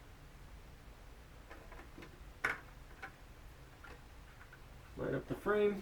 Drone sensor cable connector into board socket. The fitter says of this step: Listen for the snap.